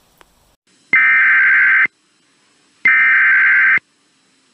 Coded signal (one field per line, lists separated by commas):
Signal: Emergency Alert System (SAME) tones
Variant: header bursts